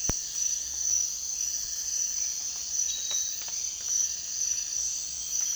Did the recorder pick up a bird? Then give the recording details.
no. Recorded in dense forest near Puerto Asís, Putumayo, Colombia, on 19 June 2025 at 04:30. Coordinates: 0.466, -76.327. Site GP04